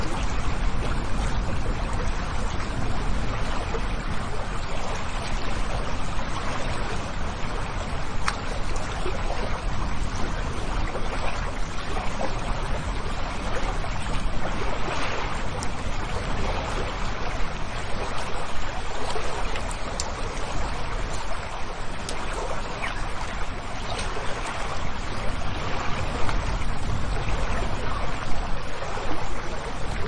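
Water flows steadily, a dense, even rush that fills everything from a deep low rumble up to a bright hiss. The sound barely changes over the half minute, with only small ripples and splashes flickering through the constant wash.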